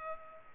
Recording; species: mosquito wingbeat signal from an infrared sensor; Culex pipiens